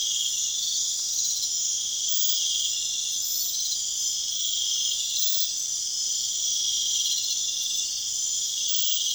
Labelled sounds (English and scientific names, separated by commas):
none